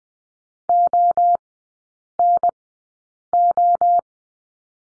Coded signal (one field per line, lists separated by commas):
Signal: Morse code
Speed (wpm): 20 wpm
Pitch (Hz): 700 Hz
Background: none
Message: ONO